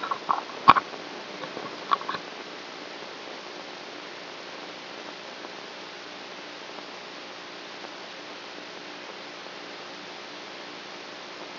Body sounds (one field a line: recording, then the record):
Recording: brain microelectrode recording played as sound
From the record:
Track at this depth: outside the subthalamic nucleus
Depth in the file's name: 5.503 mm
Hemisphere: right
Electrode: 3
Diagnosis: Parkinson's disease